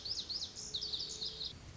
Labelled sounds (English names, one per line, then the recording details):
Lazuli Bunting
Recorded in Sonoma County, California